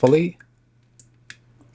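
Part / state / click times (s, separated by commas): microSD card into handheld console card slot / seated / 1.0 s, 1.3 s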